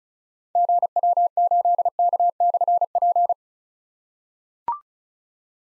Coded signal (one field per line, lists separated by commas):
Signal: Morse code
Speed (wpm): 36 wpm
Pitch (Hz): 700 Hz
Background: none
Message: GW8K/P